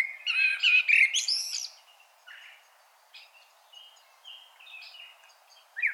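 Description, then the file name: Common blackbird phrase: a rich warbling burst sliding into shrill squeaky twitters in the first two seconds, then soft notes and a final brief squeak. "Turdus merula"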